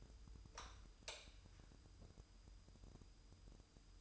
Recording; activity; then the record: daily activity, microphone in the room; light on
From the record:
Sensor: 2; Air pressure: 988.3 hPa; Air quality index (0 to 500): 190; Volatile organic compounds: 181 ppm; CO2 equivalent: 4148 ppm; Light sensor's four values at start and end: 6/16/6/7 and 11/34/13/14